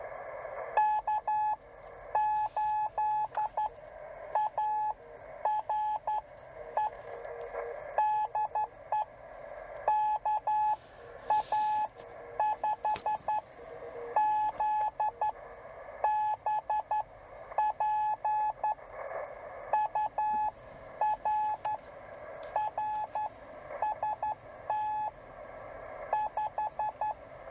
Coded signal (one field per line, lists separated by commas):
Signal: Morse code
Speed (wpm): 11 wpm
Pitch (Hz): 850 Hz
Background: radio noise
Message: K8ARE DE KA5ZBP UR RST 5